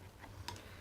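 The plastic paper-size guide of a 6-hole punch is slid inward along its slot in the base toward the pocket-size setting. A short, sharp tick is heard at 0.5 s as the guide clicks into the next size detent and seats.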